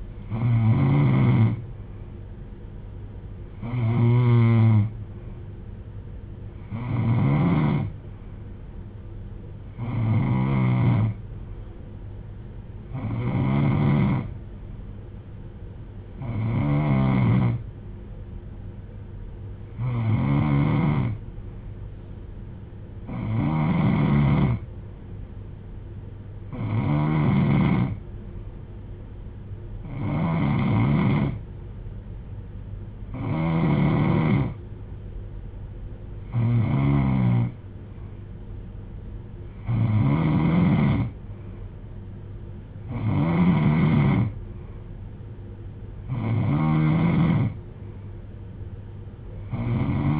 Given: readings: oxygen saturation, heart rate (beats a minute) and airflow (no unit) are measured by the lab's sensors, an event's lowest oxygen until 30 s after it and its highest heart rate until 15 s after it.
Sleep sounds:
breathing in sleep by a smartphone at the bedside; none
none scored
From the record:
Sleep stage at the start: N3 (deep sleep); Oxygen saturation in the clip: 91 to 92%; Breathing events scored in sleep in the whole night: 310 in 8.1 hours asleep

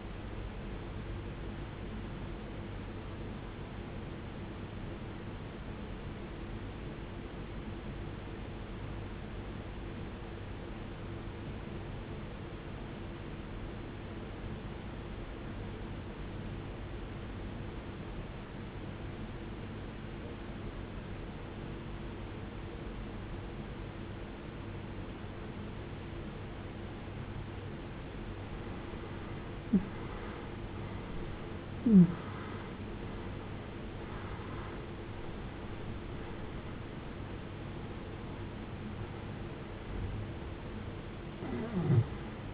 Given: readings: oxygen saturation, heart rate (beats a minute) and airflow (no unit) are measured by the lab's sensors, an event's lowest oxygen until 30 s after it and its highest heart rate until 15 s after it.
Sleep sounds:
breathing in sleep by a voice recorder at the bedside; 1
6.00-27.90 s: obstructive apnea (N1, oxygen 94% highest, then 82% lowest, heart rate 64 at the start, 77 highest)
11.00-41.00 s: new sleep stage, N2 (light sleep)
41.00-42.54 s: new sleep stage, N1 (lightest sleep)
From the record:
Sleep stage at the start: N1 (lightest sleep); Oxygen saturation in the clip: 84 to 94%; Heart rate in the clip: 55 to 77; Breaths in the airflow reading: 5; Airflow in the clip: -17.9 to 17.4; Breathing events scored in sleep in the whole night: 389 in 6.3 hours asleep

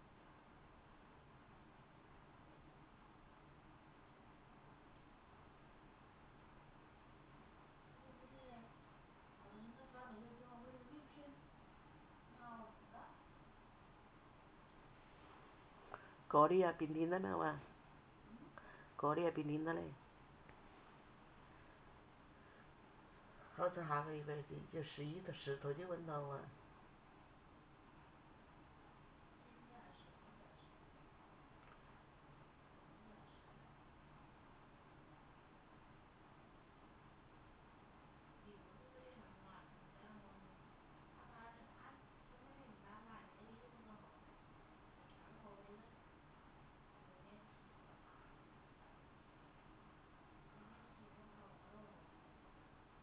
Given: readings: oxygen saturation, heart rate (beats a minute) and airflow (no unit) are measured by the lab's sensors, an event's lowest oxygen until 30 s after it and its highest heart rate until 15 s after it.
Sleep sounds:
a person awake in a sleep study, by a voice recorder at the bedside; none
0.00-53.03 s: awake
0.00-53.03 s: awake
From the record:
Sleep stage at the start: awake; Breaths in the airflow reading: 18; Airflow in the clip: -0.7 to 0.8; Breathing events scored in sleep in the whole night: 328 in 6.3 hours asleep

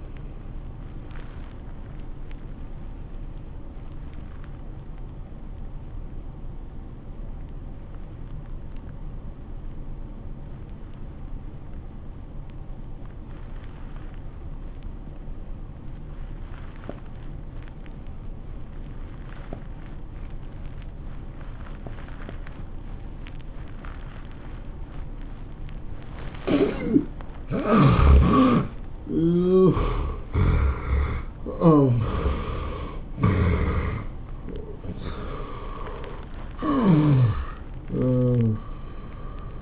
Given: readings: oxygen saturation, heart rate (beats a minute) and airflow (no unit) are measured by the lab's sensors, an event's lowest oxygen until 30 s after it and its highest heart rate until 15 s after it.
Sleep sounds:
breathing in sleep by a smartphone at the bedside; 1
4.00-27.40 s: obstructive apnea (N1, oxygen 98% highest, then 76% lowest, heart rate 87 at the start, 101 highest)
From the record:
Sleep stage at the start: N1 (lightest sleep); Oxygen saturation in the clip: 73 to 98%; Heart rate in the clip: 77 to 104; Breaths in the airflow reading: 5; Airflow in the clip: -17.6 to 12.3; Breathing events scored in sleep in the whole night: 403 in 5.5 hours asleep

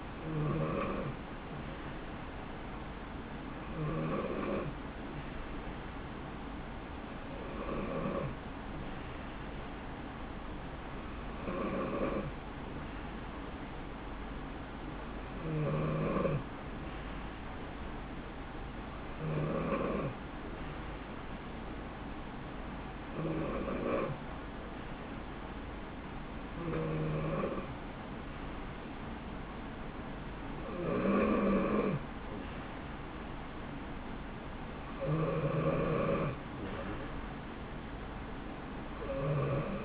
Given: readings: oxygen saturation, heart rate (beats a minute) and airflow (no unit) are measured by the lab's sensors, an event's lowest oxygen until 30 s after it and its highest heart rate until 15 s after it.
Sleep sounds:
breathing in sleep by a voice recorder at the bedside; none
none scored
From the record:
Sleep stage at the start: N2 (light sleep); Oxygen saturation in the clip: 89 to 91%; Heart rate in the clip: 66 to 73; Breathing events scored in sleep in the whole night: 160 in 9.3 hours asleep

